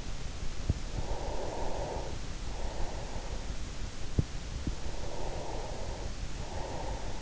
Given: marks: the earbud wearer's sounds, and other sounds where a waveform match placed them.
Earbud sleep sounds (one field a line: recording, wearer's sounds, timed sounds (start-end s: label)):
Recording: sounds in sleep by an in-ear microphone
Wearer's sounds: breath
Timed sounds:
1.16-3.50 s: breath
4.80-7.14 s: breath